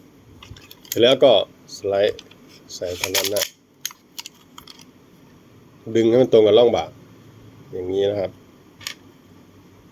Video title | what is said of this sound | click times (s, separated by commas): แนะนำปืนสั้นอัดแก๊ส1911 | สลักล็อคเรียบร้อยอ่า | 8.9 s